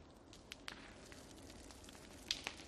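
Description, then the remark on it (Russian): A campfire on a patch of waste ground crackles steadily, with sharp pops and snaps scattered over a soft, constant hiss; a couple of brighter pops stand out near the end. “Сложив ноги по-турецки, Энни сидит перед костром.”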